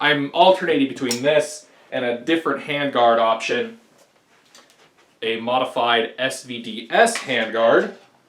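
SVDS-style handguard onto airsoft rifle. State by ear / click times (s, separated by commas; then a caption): not seated / none. Someone talks while handling a modified SVDS-style handguard for an Echo 1 airsoft SVD rifle, and two faint handling knocks come through a pause in the talk at about 4.5 and 4.7 seconds. Nothing has seated or clicked yet; the handguard is not yet locked in place when the clip ends.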